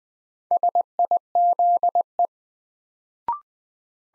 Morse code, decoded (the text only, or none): SIZE